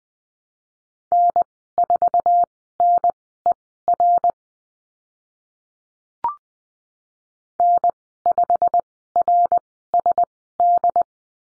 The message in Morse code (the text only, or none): N4NER N5RSD